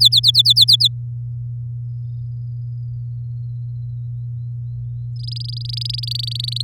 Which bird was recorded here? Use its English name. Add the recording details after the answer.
Domestic Canary. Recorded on 9 May 2018 at 06:29. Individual llb16